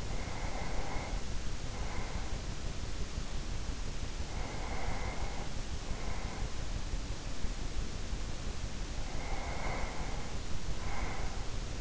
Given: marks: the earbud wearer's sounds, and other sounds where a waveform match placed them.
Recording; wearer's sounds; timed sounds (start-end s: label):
sounds in sleep by an in-ear microphone; breath
0.00-2.72 s: breath
4.18-6.91 s: breath
9.12-11.81 s: breath